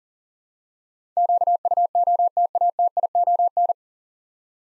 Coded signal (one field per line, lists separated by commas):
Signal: Morse code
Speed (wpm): 40 wpm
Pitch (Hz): 700 Hz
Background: none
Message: QUOTATION